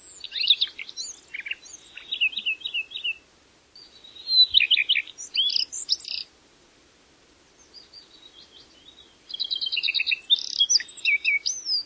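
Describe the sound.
Bird singing varied phrases of high whistles, rapid trills and sweeping notes in three bursts separated by short pauses, with a faint low hum beneath.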